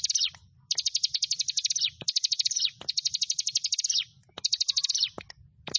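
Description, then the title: Prinia song: bursts of rapid, high buzzy notes, each about a second long and dropping slightly at the end, with sharp clicks between phrases. "Ciblek Sawah 1"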